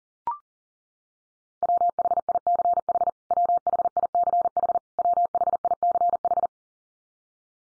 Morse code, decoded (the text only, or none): WHICH WHICH WHICH